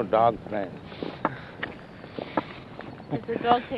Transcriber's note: laughs